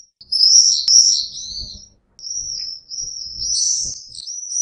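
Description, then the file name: Swift giving shrill, buzzy screams, one long trilled burst then a longer run of high rasping notes after a brief pause. "vencejo"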